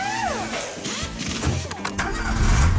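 A car engine cranks and turns over, then settles into a steady mid-pitched rumble that grows slightly louder toward the end.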